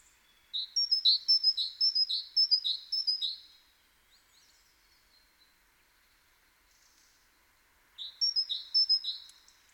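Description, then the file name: Great tit singing a bout of high-low paired notes repeated about six times, a pause of several seconds, then a second shorter bout of the same phrase. "Parus major"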